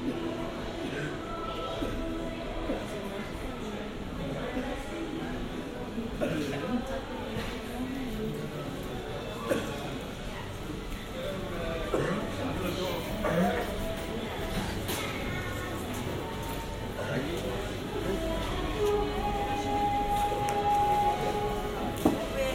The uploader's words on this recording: Swansea Market. Recorded using the Sennheiser AMBEO Smart Headset.